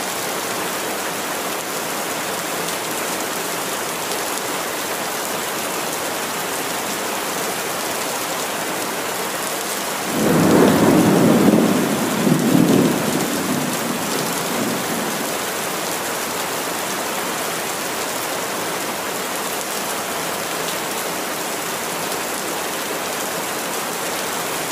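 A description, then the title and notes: Steady rain hisses evenly throughout, a dense bright wash with no gaps. Around ten seconds a low rumble of thunder rolls in, swelling for about four seconds before fading back under the rain. Rain and Thunder.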